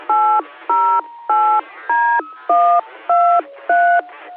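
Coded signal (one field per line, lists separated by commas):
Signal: DTMF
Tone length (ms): 320 ms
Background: speech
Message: 808D123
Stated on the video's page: DTMF macro programmed on Baofeng radios by a jammer, transmitted over a repeater during a weekly net.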